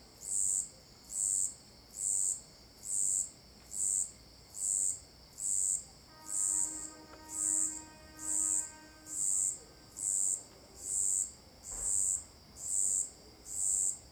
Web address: Cigarras e grilos marcados e ritmicos. local alto-paraiso-de-goias